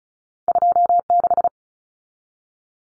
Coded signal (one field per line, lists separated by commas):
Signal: Morse code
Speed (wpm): 36 wpm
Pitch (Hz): 700 Hz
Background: none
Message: 26